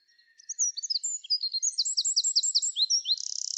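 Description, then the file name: Eurasian wren singing a fast, high-pitched string of sharp notes and twittering trills for about three seconds, finishing with a dry buzzy rattle. "Troglodytes troglodytes"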